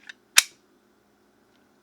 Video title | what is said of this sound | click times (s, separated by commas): Koopor Plus 200w Mod Review by SMOK! Only $30 | you can really hear that click on there and then | 0.4 s